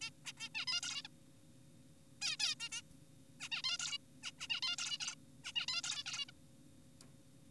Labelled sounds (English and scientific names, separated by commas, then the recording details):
Zebra Finch (Taeniopygia guttata)
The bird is an adult
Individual g4p5U